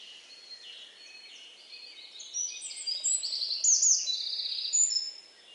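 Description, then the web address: Bird sound: soft high chirping at first, growing into louder quick trills and downslurred notes in the second half. "Deverinetal 2025 File origin Bird Only"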